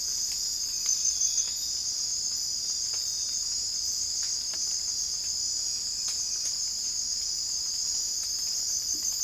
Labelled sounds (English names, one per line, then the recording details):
none
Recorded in secondary vegetation near Puerto Asís, Putumayo, Colombia, on 20 December 2024 at 02:30
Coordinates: 0.481, -76.318
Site G042